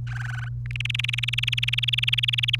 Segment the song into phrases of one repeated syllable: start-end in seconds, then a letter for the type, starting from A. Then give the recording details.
0.07-0.48 A, 0.66-2.56 B. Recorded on 30 April 2018 at 15:23. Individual llb3